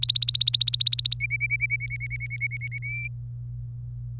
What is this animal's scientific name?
Serinus canaria